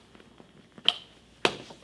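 A plastic headrest guide rail is pushed through the new top cover into the seat back frame of a 2004-2005 Dodge Ram seat. After a few faint taps, two sharp loud clicks sound at 0.9 s and 1.5 s. The guide rail is seated.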